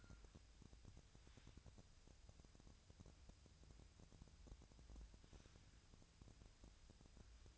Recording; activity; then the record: daily activity, microphone in the room; wipe stove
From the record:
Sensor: 2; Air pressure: 1001.5 hPa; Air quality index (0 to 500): 225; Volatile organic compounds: 24 ppm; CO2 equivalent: 2823 ppm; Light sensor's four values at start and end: 7/26/10/9 and 7/26/10/9